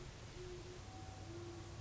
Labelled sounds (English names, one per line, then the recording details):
Great Horned Owl
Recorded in Sonoma County, California